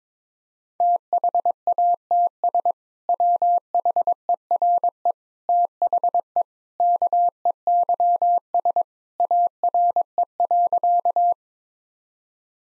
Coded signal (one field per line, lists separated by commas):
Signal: Morse code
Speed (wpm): 22 wpm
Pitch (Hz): 700 Hz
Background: none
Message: THATS WHERE THE KEYS ARE.